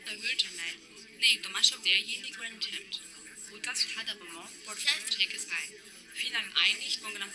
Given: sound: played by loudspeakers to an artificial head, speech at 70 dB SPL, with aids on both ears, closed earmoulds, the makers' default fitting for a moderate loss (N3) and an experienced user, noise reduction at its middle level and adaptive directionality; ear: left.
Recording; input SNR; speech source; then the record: speech test signal (ISTS) in cocktail-party noise; -3 dB; in front (0 degrees)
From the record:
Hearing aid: class 2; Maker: J